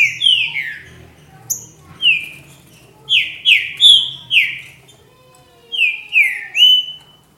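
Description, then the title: Green-winged saltator song: loud whistled notes that slide downward, given in small clusters separated by short pauses. "Trinca Ferro"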